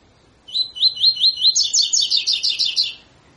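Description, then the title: Double-collared seedeater song of slurred upward whistles, steady at first, then a faster, higher series of sharp trilled notes. Tutor song used for training birds; song style called tui tui fibra. "COLEIRO TUI TUI FIBRA"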